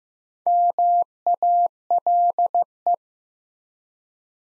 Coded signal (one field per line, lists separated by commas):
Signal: Morse code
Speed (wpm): 15 wpm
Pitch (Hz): 700 Hz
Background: none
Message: MALE